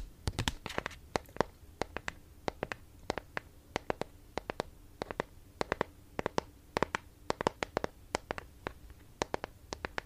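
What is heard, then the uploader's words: ASMR tapping: sharp, bright taps land in quick, uneven bursts across the whole ten seconds, sometimes in rapid clusters and sometimes spaced apart. Beneath them runs a soft, steady low hum with faint scratchy rustling. 2 hours of asmr triggers [asmr tapping, asmr for sleep].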